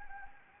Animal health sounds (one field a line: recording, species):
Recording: mosquito wingbeat signal from an infrared sensor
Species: Anopheles arabiensis